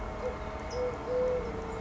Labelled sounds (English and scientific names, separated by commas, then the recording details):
Eurasian Collared Dove (Streptopelia decaocto)
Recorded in Sonoma County, California